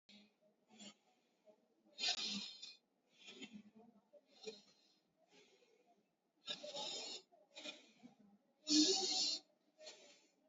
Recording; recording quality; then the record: deep breathing; excellent, no background noise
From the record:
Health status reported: COVID-19 positive, no symptoms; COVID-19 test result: positive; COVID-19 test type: RT-PCR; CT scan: taken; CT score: 7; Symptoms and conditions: none ticked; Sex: male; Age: 50 years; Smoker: no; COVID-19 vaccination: none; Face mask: worn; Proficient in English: yes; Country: India